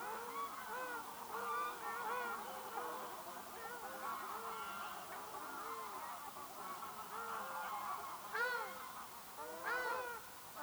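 Ruddy shelducks, several birds, keeping up a near-continuous chorus of overlapping nasal honks, with louder, sharper calls standing out near the end.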